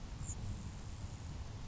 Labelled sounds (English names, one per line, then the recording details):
Grasshopper Sparrow
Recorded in Sonoma County, California